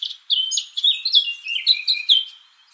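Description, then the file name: Eurasian blackcap song phrase: a short run of loud, clear fluting whistles, falling and rising, with brief scratchy notes mixed in. "Sylvia atricapilla"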